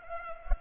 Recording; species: mosquito wingbeat signal from an infrared sensor; Culex pipiens